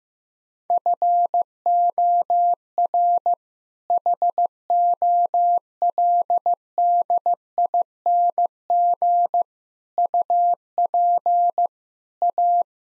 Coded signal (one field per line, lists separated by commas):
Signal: Morse code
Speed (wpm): 15 wpm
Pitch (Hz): 700 Hz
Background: none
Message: FOR HOLDING UP A